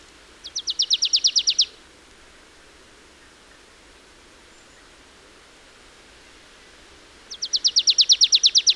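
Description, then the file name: Marsh tit giving a rapid rattling series of high, down-slurred notes, about a dozen in just over a second, then a long quiet pause before a second similar burst. "Poecile palustris"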